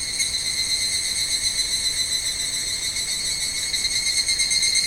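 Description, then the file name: Evening cicada song, an even, high ringing trill with fine rapid pulses holding steady from start to end. "Higurashi"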